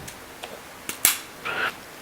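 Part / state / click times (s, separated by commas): battery pack into the rear bay of a mini drone / seated / 1.0 s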